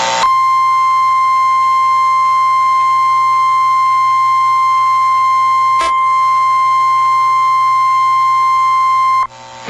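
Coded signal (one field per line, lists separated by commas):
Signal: Emergency Alert System (SAME) tones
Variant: 1050 Hz attention tone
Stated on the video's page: Severe Thunderstorm Warning received from a NOAA Weather Radio transmitter serving Rockford, Illinois.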